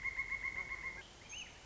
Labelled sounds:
Pileated Woodpecker (Dryocopus pileatus)
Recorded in Sonoma County, California

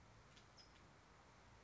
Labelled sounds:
California Towhee (Melozone crissalis)
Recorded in Sonoma County, California

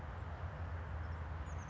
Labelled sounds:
Oak Titmouse (Baeolophus inornatus)
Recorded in Sonoma County, California

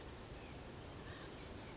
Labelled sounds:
Chestnut-backed Chickadee (Poecile rufescens)
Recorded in Sonoma County, California

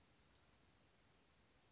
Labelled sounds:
Western Flycatcher (Empidonax difficilis)
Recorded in Sonoma County, California

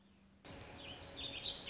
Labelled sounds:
Warbling Vireo (Vireo gilvus)
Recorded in Sonoma County, California

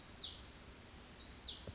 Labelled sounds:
Hutton's Vireo (Vireo huttoni)
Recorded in Sonoma County, California

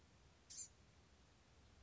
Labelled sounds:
Blue-gray Gnatcatcher (Polioptila caerulea)
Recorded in Sonoma County, California

